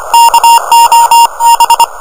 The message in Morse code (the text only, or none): KOB